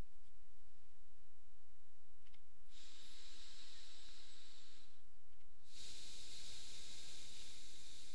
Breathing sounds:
nose breathing near a microphone
2.25-5.35 s: inhalation
5.35-8.15 s: exhalation
From the record:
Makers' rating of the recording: medium

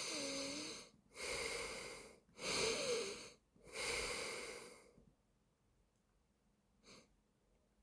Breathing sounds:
nose breathing near a microphone
0.00-0.81 s: inhalation
0.81-2.16 s: exhalation
2.16-3.46 s: inhalation
3.46-4.86 s: exhalation
From the record:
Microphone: phone

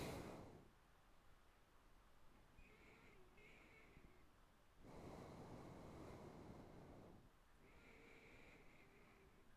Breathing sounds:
nose breathing near a microphone
0.00-0.69 s: exhalation
2.41-4.94 s: inhalation
4.94-7.56 s: exhalation
7.56-9.57 s: inhalation
From the record:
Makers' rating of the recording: good

